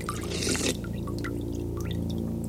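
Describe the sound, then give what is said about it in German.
Water splashes briefly in an underground cave lake, a short rushing burst followed by scattered drips and soft trickling over a steady low hum. “Ein See. Ein unterirdischer See in einer Höhle.”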